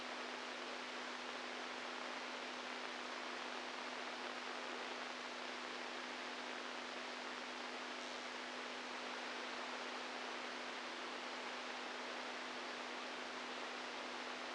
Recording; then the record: brain microelectrode recording played as sound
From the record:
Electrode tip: inside the subthalamic nucleus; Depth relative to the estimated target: 0 mm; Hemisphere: right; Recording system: NeuroSet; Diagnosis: Parkinson's disease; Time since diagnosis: 10 years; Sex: male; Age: 65 years